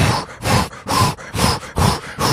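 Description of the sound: An adult voice imitates a fetal heart monitor with regular, rhythmic whooshing pulses, about 125 to 130 a minute, mimicking a normal fetal heartbeat heard on a monitor beside the mother through 14 hours of labour under an epidural.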